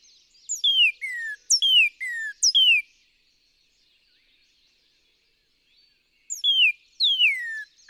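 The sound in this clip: Northern cardinal whistling paired phrases, a short high note and a longer falling slur, repeated about once a second, then silence before another series starts.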